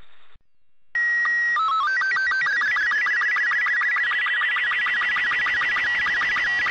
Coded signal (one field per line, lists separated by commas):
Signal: SSTV (slow-scan television)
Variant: Robot 36